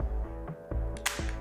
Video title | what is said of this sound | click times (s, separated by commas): Notices for flight safety | battery remains in place and I heard the click so it's fine | 1.1 s